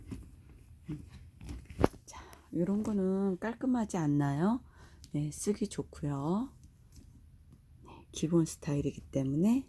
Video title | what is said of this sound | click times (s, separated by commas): 유튜브하는 50대 구제 아줌마 20.12.22오늘의신상/thrift stores/window shopping MCM토드백 | 자 그리고 요렇게 딱 하면 알아서 똑딱 소리가 나고 | 1.8 s